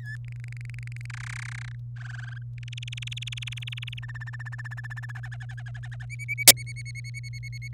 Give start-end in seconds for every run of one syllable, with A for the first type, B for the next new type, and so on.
0.00-0.16 A, 0.24-1.06 B, 1.10-1.75 C, 1.96-2.38 D, 2.58-3.99 E, 4.02-5.12 F, 5.15-6.05 G, 6.10-7.68 H, 7.73-7.74 I